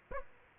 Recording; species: mosquito wingbeat signal from an infrared sensor; Aedes aegypti